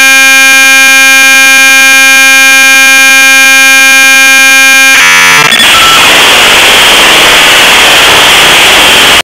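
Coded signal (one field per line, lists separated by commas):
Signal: dial-up modem handshake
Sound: buzzy tone with rapid regular pulses for five seconds, then screeching transition and steady wideband hiss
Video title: Modems Dial-Up For Connecting Internet - Sound Effects [Nostalgic] {HQ Audio}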